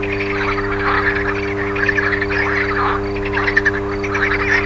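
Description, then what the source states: Frog chorus of rough, rattling croaks, with a constant droning electrical hum underneath. Frogs recorded alongside a humming electrical transformer.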